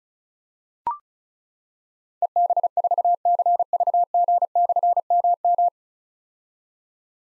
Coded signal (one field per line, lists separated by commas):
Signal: Morse code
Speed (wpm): 35 wpm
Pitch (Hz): 700 Hz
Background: none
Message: EB4CVG/MM